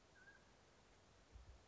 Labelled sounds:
Mountain Quail (Oreortyx pictus)

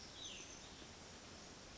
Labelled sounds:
Cassin's Vireo (Vireo cassinii)

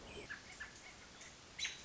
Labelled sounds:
American Robin (Turdus migratorius)

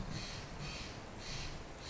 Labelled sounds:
Steller's Jay (Cyanocitta stelleri)

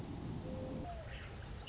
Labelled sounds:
Mourning Dove (Zenaida macroura)

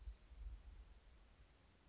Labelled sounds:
Western Flycatcher (Empidonax difficilis)

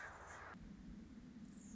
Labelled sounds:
Anna's Hummingbird (Calypte anna)

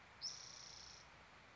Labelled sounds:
Spotted Towhee (Pipilo maculatus)

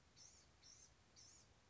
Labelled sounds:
Blue-gray Gnatcatcher (Polioptila caerulea)

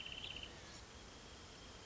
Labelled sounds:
Wrentit (Chamaea fasciata)

